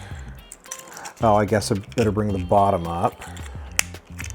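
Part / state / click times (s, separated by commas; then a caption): 3D-printed side wall into the toy body base / seated / 3.8 s. A 3D-printed plastic side wall of a WALL-E toy is pressed onto the toy's body base so its tabs go into the holes, while someone talks. A loud, sharp snap at 3.8 s marks the wall seating into place, followed by a few faint clicks.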